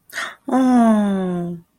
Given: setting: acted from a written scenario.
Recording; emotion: vocal sound without words; adoration